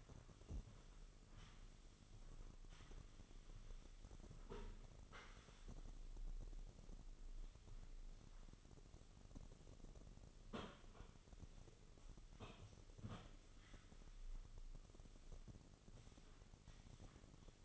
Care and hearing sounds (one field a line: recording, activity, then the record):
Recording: daily activity, microphone in the room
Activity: sweep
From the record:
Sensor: 4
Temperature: 26.8 degrees Celsius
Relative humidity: 28.1%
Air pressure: 996.7 hPa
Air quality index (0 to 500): 87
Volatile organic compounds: 4 ppm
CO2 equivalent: 1684 ppm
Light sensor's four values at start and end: 21/56/22/24 and 21/58/22/24